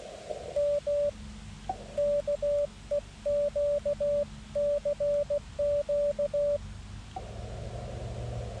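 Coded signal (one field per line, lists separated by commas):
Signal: Morse code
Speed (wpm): 16 wpm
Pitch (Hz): 580 Hz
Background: none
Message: M KE QCQ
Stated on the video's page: CW during a POTA activation with a Xiegu G90 on a homemade 29-foot vertical antenna.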